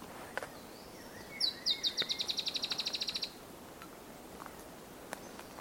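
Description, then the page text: Dusky-tailed antbird giving a high, evenly spaced series of many buzzy notes lasting nearly two seconds, over steady background hiss and faint clicks. Adult male, wild, recorded 10 July 2015 in Parque Provincial Esmeralda, Misiones, Argentina. "Tiluchi Estriado (Drymophila malura) Diego Oscar"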